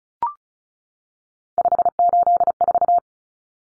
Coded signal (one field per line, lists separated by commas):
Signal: Morse code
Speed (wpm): 34 wpm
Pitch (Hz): 700 Hz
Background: none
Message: 584